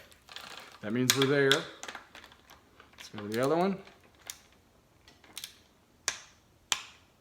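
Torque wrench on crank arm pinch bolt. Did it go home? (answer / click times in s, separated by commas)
yes / 6.7 s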